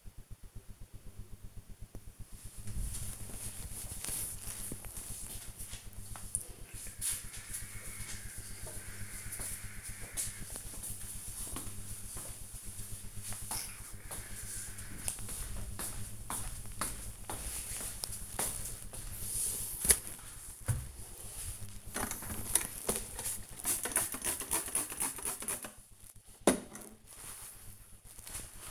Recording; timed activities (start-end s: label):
household activities, microphone on the right wrist
22.45-28.71 s: window cleaning